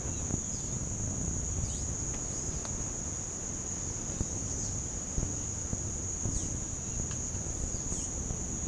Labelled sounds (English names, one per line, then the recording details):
none
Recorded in pastures near Puerto Asís, Putumayo, Colombia, on 13 March 2025 at 07:30
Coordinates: 0.505, -76.324
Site GP08